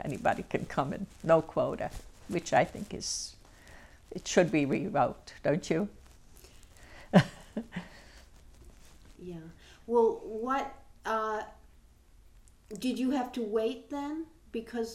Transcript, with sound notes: Now anybody can come in: No quota. Which I think is, it should be rewrote. Don't you? (she laughs)
Yeah, well what, did you have to wait then because...